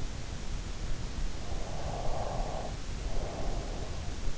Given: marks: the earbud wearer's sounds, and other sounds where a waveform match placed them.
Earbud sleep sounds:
sounds in sleep by an in-ear microphone; breath
1.45-3.89 s: breath

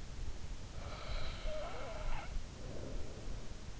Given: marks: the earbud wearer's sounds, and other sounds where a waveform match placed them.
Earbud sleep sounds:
sounds in sleep by an in-ear microphone; snoring breath
0.77-3.75 s: snoring breath

